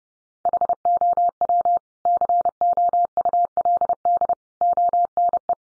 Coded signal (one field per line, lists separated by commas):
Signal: Morse code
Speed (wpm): 30 wpm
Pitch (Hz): 700 Hz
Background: none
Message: HOW COULD ONE